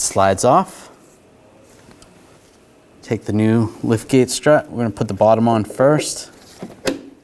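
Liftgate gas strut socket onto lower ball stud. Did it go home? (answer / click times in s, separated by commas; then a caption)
yes / 6.9 s. The bottom socket end of a new gas lift support for the liftgate of a 2009-2017 Volkswagen Tiguan is pressed onto its lower ball stud on the body while someone talks. One sharp snap is heard at 6.9 s as the strut end seats and locks in place.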